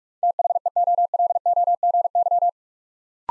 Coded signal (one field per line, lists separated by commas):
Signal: Morse code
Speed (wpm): 44 wpm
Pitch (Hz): 700 Hz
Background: none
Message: THEOLOGY